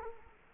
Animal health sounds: mosquito wingbeat signal from an infrared sensor; Culex quinquefasciatus

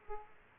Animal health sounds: mosquito wingbeat signal from an infrared sensor; Aedes aegypti

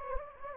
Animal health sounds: mosquito wingbeat signal from an infrared sensor; Anopheles gambiae

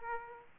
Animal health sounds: mosquito wingbeat signal from an infrared sensor; Aedes aegypti

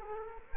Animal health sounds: mosquito wingbeat signal from an infrared sensor; Culex quinquefasciatus

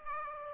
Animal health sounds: mosquito wingbeat signal from an infrared sensor; Aedes aegypti

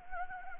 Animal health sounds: mosquito wingbeat signal from an infrared sensor; Anopheles gambiae

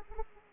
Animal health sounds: mosquito wingbeat signal from an infrared sensor; Aedes aegypti

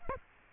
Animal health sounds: mosquito wingbeat signal from an infrared sensor; Aedes aegypti

